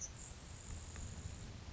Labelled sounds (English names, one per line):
Grasshopper Sparrow